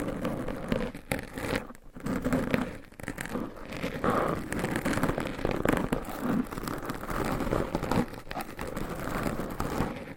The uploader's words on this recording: ASMR Mic Scratching - Brain Scratching with 7 Mics Asmr No Talking for Sleep with Long Nails.